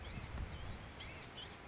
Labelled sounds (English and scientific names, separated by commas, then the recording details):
Blue-gray Gnatcatcher (Polioptila caerulea)
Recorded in Sonoma County, California